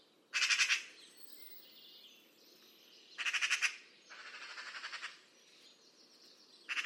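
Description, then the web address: Bird calling with short, harsh, buzzy rattles at irregular intervals, one followed closely by a softer pulsed run. "Deverinetal 2025 File origin Bird Only"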